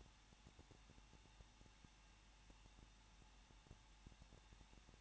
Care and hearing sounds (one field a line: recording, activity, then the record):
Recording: daily activity, microphone in the room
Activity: no activity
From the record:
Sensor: 1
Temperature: 20.1 degrees Celsius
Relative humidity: 39.1%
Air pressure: 1006.3 hPa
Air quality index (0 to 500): 217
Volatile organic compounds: 76 ppm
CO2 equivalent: 3574 ppm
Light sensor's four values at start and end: 1/2/1/1 and 1/2/1/1